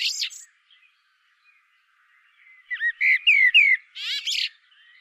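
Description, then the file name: Common blackbird giving a shrill squeak, then a pause, then a series of clear descending whistles ending in a scratchy twittering flourish. "Turdus merula"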